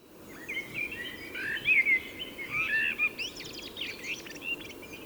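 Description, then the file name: Common blackbird producing a run of fluty whistled notes, followed by scratchy chattering sounds, over a constant low hiss. "Turdus merula"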